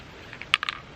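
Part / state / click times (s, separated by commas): spent rivet mandrel in a cordless rivet tool / released / 0.5 s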